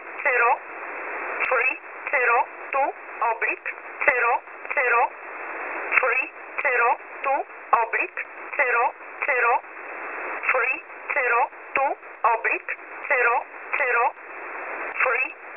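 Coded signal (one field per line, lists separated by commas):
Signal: numbers station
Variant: E11 Oblique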